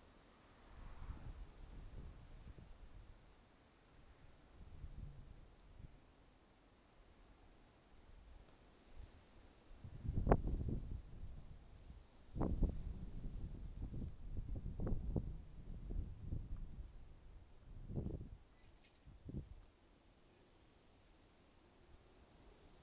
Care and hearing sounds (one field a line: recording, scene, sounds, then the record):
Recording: everyday scene through a hearing-aid microphone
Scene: wind on the microphone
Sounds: wind, traffic, birds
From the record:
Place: suburban garden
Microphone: in the ear canal, right